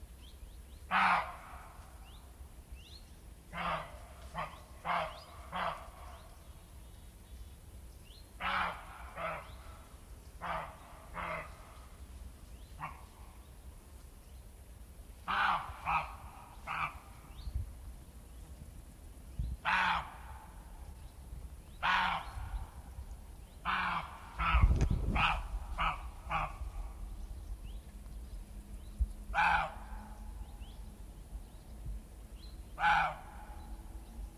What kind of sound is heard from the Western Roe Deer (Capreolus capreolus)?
barking